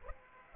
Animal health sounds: mosquito wingbeat signal from an infrared sensor; Aedes aegypti

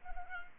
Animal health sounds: mosquito wingbeat signal from an infrared sensor; Culex pipiens

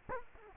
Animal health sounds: mosquito wingbeat signal from an infrared sensor; Culex quinquefasciatus

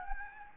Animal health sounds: mosquito wingbeat signal from an infrared sensor; Anopheles gambiae

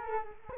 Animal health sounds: mosquito wingbeat signal from an infrared sensor; Culex quinquefasciatus

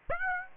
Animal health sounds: mosquito wingbeat signal from an infrared sensor; Aedes aegypti

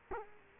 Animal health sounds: mosquito wingbeat signal from an infrared sensor; Culex quinquefasciatus

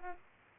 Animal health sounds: mosquito wingbeat signal from an infrared sensor; Aedes aegypti

